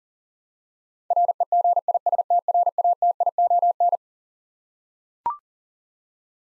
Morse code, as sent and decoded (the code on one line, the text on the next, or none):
.-. . --. .. ... - .-. .- - .. --- -.
REGISTRATION